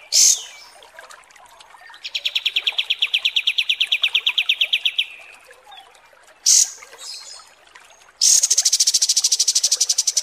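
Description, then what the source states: Kapas tembak bird song: brief sharp high notes, then a long steady rattling trill, another short burst, and a final high buzzy trill. Masteran (tutor song) for training cage birds, described as mewah (luxurious).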